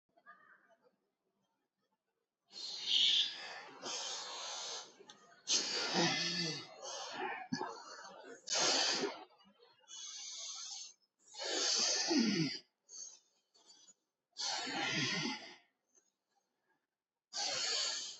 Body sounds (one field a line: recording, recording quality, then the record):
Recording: deep breathing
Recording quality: excellent, no background noise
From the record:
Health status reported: healthy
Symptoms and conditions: none ticked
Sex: male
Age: 71 years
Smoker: not ticked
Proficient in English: yes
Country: India